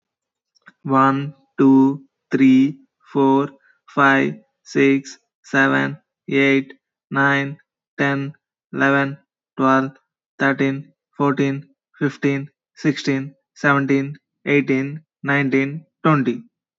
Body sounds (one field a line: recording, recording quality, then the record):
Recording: counting at a normal pace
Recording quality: excellent, no background noise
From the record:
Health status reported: healthy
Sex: male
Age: 22 years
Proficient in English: yes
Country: United States